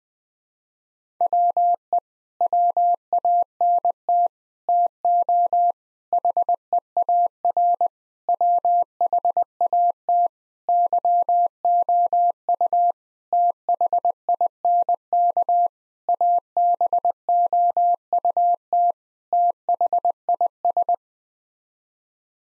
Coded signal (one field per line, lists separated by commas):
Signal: Morse code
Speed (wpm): 20 wpm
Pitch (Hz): 700 Hz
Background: none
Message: WE WANT TO HEAR WHAT YOU THINK ABOUT THIS